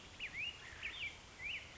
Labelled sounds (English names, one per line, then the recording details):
Black-headed Grosbeak
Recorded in Sonoma County, California